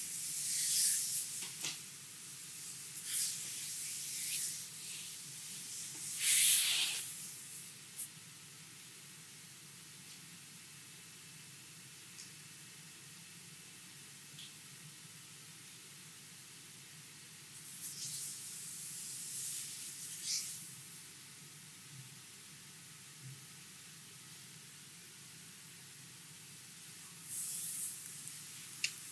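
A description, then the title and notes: Hands sweep over oiled skin during a lomi lomi massage, making soft, bright swishing strokes in bursts, several in the first seven seconds, then again around 18, 20 and 27 seconds. Between strokes a low, steady hum fills the quiet. ASMR Hawaiian lomi lomi massage.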